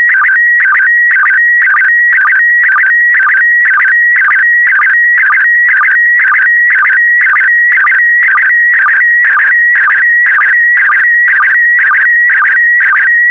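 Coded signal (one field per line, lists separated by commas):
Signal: SSTV (slow-scan television)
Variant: PD120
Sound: warbling electronic tone with a regular ticking rhythm about twice a second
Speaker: the next image transmission will start in 10 seconds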